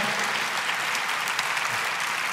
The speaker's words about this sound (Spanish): Si va a aplaudir fuerte, con ganas.